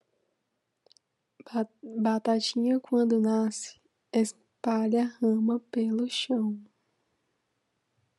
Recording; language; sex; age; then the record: short text; Brazilian Portuguese; female; 20 to 29 years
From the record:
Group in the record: control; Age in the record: 23 years